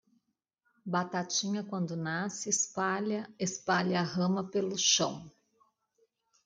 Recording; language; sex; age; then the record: short text; Brazilian Portuguese; female; 50 to 59 years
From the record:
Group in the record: control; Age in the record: 51 years